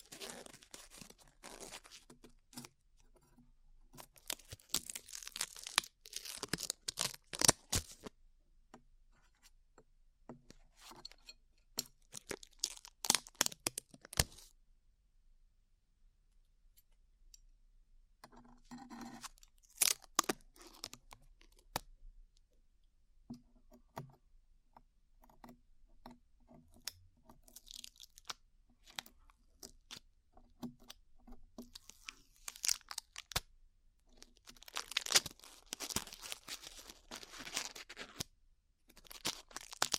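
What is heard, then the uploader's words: Sticky peeling and crackling sounds, like glue being pulled off the ears, come in dense bursts with quick snaps and crinkles. The busiest stretches fall around 4–8 and 33–38 seconds, with a near-silent pause around 15–18 seconds. ASMR Peeling Glue Off Your Ears (No Talking).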